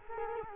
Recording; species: mosquito wingbeat signal from an infrared sensor; Culex quinquefasciatus